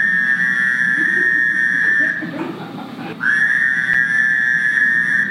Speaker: Next comes the Fowler's toad, which looks like an eastern toad, but sounds very different.